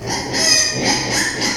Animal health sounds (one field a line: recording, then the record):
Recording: squeal of a Yucatan mini pig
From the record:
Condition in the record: before surgery on the right vocal fold (resection and tissue-engineered implant)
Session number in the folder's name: 2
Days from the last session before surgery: 0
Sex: male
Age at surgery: 12 weeks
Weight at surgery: 13 kg